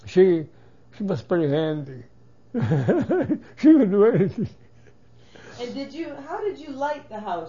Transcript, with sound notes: She, she was pretty handy. She can do anything. (he laughs)
And did you, how did you light the house?